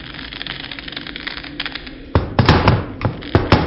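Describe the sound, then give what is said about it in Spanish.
Someone stumbles into a chair lying on the floor: after a quiet stretch of faint tapping and rustling, a sudden run of loud, hard thuds and clatters breaks out, about six knocks in quick, uneven succession. “He tropezado con una silla que había tirado aquí en medio.”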